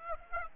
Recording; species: mosquito wingbeat signal from an infrared sensor; Aedes aegypti